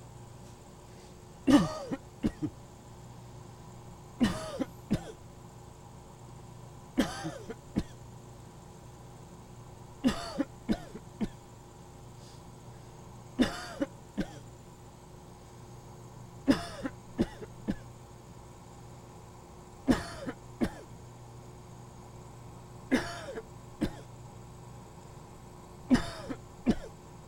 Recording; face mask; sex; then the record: voluntary coughing; surgical mask; male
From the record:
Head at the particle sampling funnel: tilted up or above it, chin in front of it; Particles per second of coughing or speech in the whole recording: 0.871